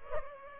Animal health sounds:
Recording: mosquito wingbeat signal from an infrared sensor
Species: Culex pipiens

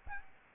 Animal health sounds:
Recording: mosquito wingbeat signal from an infrared sensor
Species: Aedes albopictus

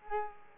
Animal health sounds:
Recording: mosquito wingbeat signal from an infrared sensor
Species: Culex quinquefasciatus

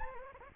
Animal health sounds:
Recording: mosquito wingbeat signal from an infrared sensor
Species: Anopheles arabiensis

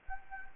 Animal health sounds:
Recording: mosquito wingbeat signal from an infrared sensor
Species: Anopheles gambiae

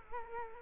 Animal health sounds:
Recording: mosquito wingbeat signal from an infrared sensor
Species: Culex quinquefasciatus

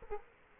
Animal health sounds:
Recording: mosquito wingbeat signal from an infrared sensor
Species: Culex quinquefasciatus

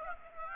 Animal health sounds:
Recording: mosquito wingbeat signal from an infrared sensor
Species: Aedes aegypti

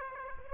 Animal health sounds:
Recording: mosquito wingbeat signal from an infrared sensor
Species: Aedes aegypti

